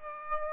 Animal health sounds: mosquito wingbeat signal from an infrared sensor; Aedes aegypti

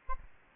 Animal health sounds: mosquito wingbeat signal from an infrared sensor; Aedes albopictus

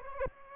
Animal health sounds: mosquito wingbeat signal from an infrared sensor; Aedes aegypti

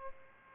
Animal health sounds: mosquito wingbeat signal from an infrared sensor; Aedes albopictus

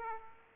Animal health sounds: mosquito wingbeat signal from an infrared sensor; Aedes aegypti

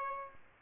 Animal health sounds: mosquito wingbeat signal from an infrared sensor; Aedes albopictus

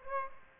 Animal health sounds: mosquito wingbeat signal from an infrared sensor; Aedes aegypti

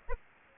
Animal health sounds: mosquito wingbeat signal from an infrared sensor; Aedes aegypti

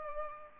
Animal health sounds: mosquito wingbeat signal from an infrared sensor; Culex pipiens

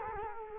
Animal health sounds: mosquito wingbeat signal from an infrared sensor; Culex quinquefasciatus

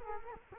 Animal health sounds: mosquito wingbeat signal from an infrared sensor; Culex quinquefasciatus

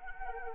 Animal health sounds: mosquito wingbeat signal from an infrared sensor; Anopheles arabiensis

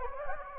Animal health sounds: mosquito wingbeat signal from an infrared sensor; Anopheles gambiae

